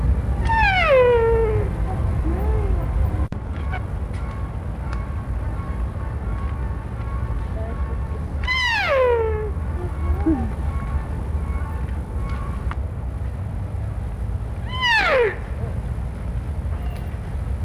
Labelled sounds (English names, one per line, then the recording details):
Barasingha call
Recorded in captivity
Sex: female
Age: adult
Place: Zoo Berlin, Berlin, DE
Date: 1961-07-15 16:30
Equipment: Minifon, Kopie Smaragd
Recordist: Tembrock, Günter